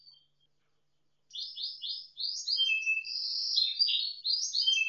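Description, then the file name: Canary singing after a short near-silent start: quick repeated chirps building into fast rolling trills and sweeping high notes. Indonesian isian moza song style, used for training canaries. "suara kenari isian moza omkicau"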